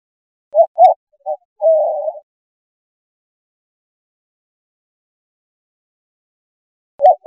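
White-winged dove cooing, a short series of low hooted notes with a drawn-out final coo, then a fresh coo starting after a long pause.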